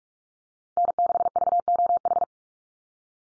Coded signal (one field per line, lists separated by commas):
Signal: Morse code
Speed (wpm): 44 wpm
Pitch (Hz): 700 Hz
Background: none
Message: N6VOH